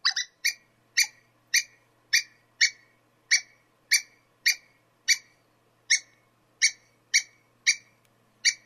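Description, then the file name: Squirrel repeating harsh, dry chip notes in a fairly steady series, with a soft low hum in the background. "suara-bajing omkicau"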